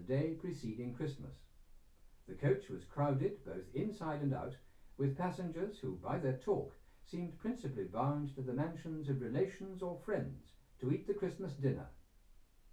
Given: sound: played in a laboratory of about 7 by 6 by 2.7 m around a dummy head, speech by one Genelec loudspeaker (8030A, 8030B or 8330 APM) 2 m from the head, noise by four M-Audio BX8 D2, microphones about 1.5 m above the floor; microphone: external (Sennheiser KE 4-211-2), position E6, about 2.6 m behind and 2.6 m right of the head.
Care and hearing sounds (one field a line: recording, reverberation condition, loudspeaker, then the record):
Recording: male speech in English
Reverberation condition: low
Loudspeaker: behind (180 degrees)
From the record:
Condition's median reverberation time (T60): about 310 ms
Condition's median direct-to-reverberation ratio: about 3.5 dB